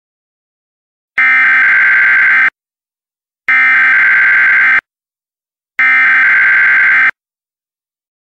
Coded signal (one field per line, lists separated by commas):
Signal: Emergency Alert System (SAME) tones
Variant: header bursts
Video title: Microsoft Disk Operating System (MS-DOS) EAS Test